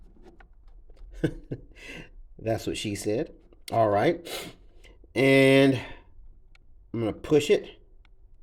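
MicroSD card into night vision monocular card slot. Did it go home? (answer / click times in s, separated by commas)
no / none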